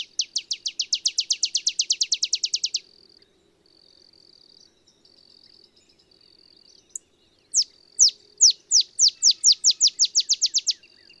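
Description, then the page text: Olive sparrow song: a steady run of sharp, downslurred chips, then after a quiet gap a second series that starts slowly and speeds into a rapid trill. Male singing in early morning in Texas, 50 miles north of the Mexican border; simple songs reminiscent of a field sparrow's bouncing-ball song, though less mellow and melancholy. "Birdsong for the Curious Naturalist. Olive sparrow"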